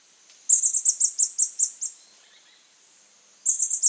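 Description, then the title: White-chinned sapphire giving a quick run of about nine high, sharp notes, followed by silence and the start of a second run. Nominate subspecies Hylocharis cyanus cyanus. "LuckyPassaro Completos2Sama. White-chinned Sapphire"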